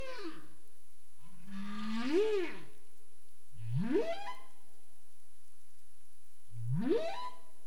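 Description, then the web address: Humpback whale vocalizations: a falling note, then a rising, arching moan and two sharp upsweeping whoops. 27 April 2035, 21:47 UTC. "CARIMAM. humpback whale"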